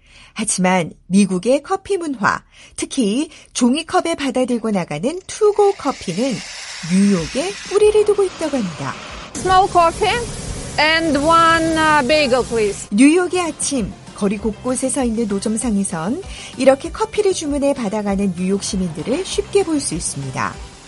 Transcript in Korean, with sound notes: 하지만, 미국의 커피 문화, 특히 종이컵에 받아들고 나가는 ‘투고(To-Go) 커피’는 뉴욕에 뿌리를 두고 있다고 합니다. [현장음: 커피 카트] 뉴욕의 아침, 거리 곳곳에 서 있는 노점상에선 이렇게 커피를 주문해 받아 가는 뉴욕 시민들을 쉽게 볼수 있습니다.